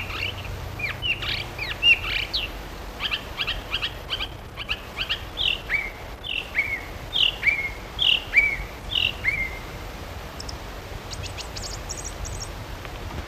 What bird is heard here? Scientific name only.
Turdus philomelos